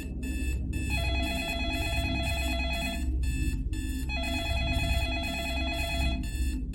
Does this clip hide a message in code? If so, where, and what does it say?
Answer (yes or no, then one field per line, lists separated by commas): no